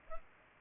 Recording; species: mosquito wingbeat signal from an infrared sensor; Culex pipiens